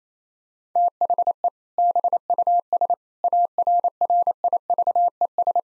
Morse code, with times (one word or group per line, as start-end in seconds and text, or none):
0.8-1.5 THE
1.8-2.9 BUS
3.2-5.6 ARRIVES